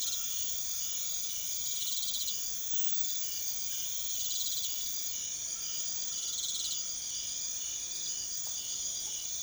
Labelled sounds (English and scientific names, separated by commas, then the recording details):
none
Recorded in secondary vegetation near Puerto Asís, Putumayo, Colombia, on 28 February 2025 at 00:30
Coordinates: 0.500, -76.326
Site GP04